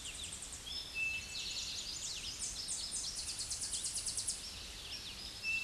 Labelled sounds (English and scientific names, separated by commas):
Tennessee Warbler (Leiothlypis peregrina) song